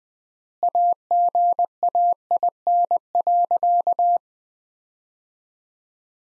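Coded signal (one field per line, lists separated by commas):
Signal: Morse code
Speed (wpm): 20 wpm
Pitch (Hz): 700 Hz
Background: none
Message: AGAIN.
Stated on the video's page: Morse practice drill of sentences from the top 300 words at 20 wpm with 3x word spacing, a Farnsworth-like method applied to words.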